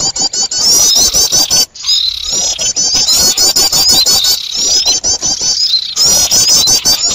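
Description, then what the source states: Birds chattering in a constant shrill flurry of quick high notes and clicks, with a few brief pauses. Noisy bird sounds (burung ribut), a long-duration master recording used for luring birds.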